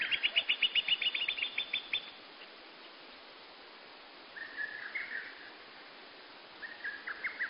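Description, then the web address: Bird song: a fast, high trill of rapid repeated notes, then after a pause two shorter, softer chirping phrases amid constant hiss. Singing at dawn. "gazou goma yoake. bird singing"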